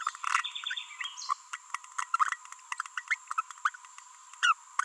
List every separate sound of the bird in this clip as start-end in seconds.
1.99-2.04, 2.98-3.00, 3.31-3.33, 3.38-3.41, 3.65-3.69, 4.43-4.53